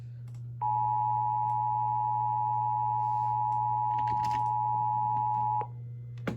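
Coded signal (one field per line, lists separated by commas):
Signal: Emergency Alert System (SAME) tones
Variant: 853 and 960 Hz attention tone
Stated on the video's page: Kentucky Required Monthly Test broadcast on the Emergency Alert System.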